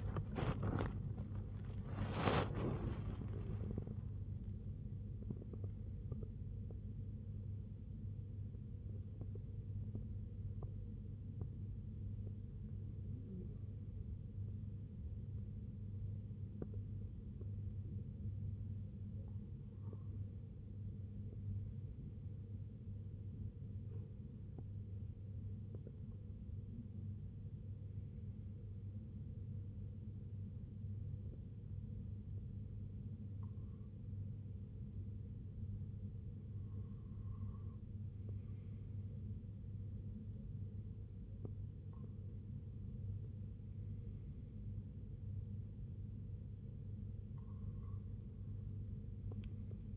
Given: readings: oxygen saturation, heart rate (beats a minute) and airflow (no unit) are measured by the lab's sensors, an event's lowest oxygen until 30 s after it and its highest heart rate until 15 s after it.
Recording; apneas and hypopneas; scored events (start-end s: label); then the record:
breathing in sleep by a smartphone at the bedside; none
4.00-49.96 s: new sleep stage, N1 (lightest sleep)
From the record:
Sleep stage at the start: REM sleep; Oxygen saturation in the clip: 95 to 97%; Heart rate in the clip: 55 to 95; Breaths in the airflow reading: 9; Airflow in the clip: -12.2 to 13.3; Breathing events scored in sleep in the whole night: 258 in 7.4 hours asleep